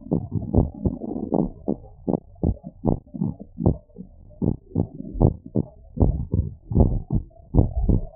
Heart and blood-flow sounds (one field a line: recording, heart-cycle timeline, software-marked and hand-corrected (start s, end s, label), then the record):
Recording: heart sounds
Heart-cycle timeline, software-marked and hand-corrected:
0.00	0.12	systole
0.12	0.22	S2
0.22	0.54	diastole
0.54	0.68	S1
0.68	0.94	systole
0.94	1.02	S2
1.02	1.34	diastole
1.34	1.48	S1
1.48	1.70	systole
1.70	1.78	S2
1.78	2.08	diastole
2.08	2.18	S1
2.18	2.44	systole
2.44	2.56	S2
2.56	2.86	diastole
2.86	2.96	S1
2.96	3.22	systole
3.22	3.32	S2
3.32	3.66	diastole
3.66	3.78	S1
3.78	4.04	systole
4.04	4.12	S2
4.12	4.42	diastole
4.42	4.52	S1
4.52	4.76	systole
4.76	4.86	S2
4.86	5.18	diastole
5.18	5.32	S1
5.32	5.56	systole
5.56	5.66	S2
5.66	6.00	diastole
6.00	6.16	S1
6.16	6.38	systole
6.38	6.48	S2
6.48	6.76	diastole
6.76	6.90	S1
6.90	7.14	systole
7.14	7.24	S2
7.24	7.56	diastole
7.56	7.68	S1
7.68	7.88	systole
7.88	8.00	S2
8.00	8.16	diastole
From the record:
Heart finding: normal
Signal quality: good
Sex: female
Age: 53 years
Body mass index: 31.6